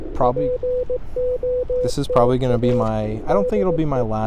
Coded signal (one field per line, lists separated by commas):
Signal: Morse code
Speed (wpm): 18 wpm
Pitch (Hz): 500 Hz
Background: speech, radio noise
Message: POTA DE